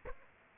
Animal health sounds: mosquito wingbeat signal from an infrared sensor; Aedes aegypti

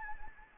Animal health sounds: mosquito wingbeat signal from an infrared sensor; Anopheles gambiae

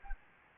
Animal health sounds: mosquito wingbeat signal from an infrared sensor; Anopheles gambiae

